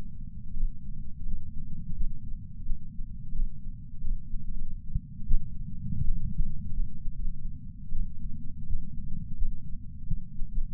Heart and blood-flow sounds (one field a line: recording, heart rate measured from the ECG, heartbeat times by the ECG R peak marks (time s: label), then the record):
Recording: heart sounds by patch sensor on the chest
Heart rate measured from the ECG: 90 bpm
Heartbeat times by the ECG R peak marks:
0.55 s: heartbeat
1.26 s: heartbeat
1.96 s: heartbeat
2.66 s: heartbeat
3.34 s: heartbeat
4.02 s: heartbeat
4.46 s: heartbeat
5.26 s: heartbeat
6.04 s: heartbeat
6.74 s: heartbeat
7.18 s: heartbeat
7.93 s: heartbeat
8.67 s: heartbeat
9.37 s: heartbeat
10.07 s: heartbeat
10.51 s: heartbeat
From the record:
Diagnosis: coronary artery disease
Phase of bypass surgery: postoperative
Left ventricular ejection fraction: 65.4%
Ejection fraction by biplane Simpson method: 64.8%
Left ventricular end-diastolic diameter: 41 mm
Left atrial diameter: 37 mm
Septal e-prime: 8.8 cm/s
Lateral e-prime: 8.1 cm/s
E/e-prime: 9.9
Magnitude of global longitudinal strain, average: 18.9%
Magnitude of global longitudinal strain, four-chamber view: 23.8%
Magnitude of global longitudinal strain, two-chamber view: 17.7%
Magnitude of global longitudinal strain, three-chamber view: 15.3%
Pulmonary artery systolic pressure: 36 mmHg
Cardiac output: 4.4 L/min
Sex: male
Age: 76 years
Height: 165 cm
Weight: 79 kg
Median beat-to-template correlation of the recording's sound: 0.64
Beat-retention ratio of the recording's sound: 0.99